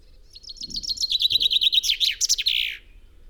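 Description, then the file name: Common chaffinch song: a fast series of bright, descending notes speeding into a rattling trill and ending in a short flourish. "Fringilla coelebs"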